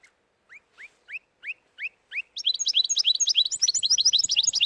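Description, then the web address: Canary song starting with six separate rising chirps, then breaking into a dense, rapid high trill of varied notes. "Bird Songs Canary"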